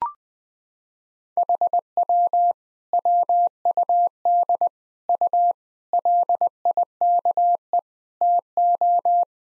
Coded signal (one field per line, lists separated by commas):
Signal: Morse code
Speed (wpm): 21 wpm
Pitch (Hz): 700 Hz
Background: none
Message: HW WUD U LIKE TO